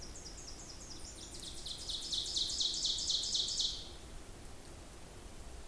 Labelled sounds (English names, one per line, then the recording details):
Ovenbird song
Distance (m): 45 m
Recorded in boreal forest in Alberta, Canada, on 26 May 2016 at 07:16
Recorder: SongMeter 3, array SBT-3-15
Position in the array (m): 41 m, 274 m
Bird 20